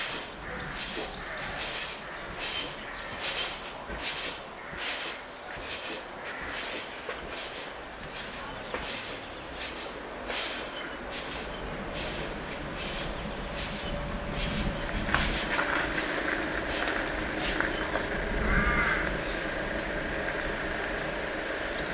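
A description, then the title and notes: Late-afternoon backyard ambience with a steady rhythmic clacking like a passing train, a low rumble swelling after midway, and a brief bird call. Field Recording - My Backyard - late afternoon.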